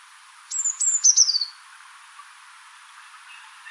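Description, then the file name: Eurasian blue tit call: one short run of high, thin notes sliding downward, then quiet hiss. "Cyanistes caeruleus"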